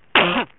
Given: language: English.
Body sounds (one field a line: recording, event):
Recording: throat vibration sensor signal played as sound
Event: cough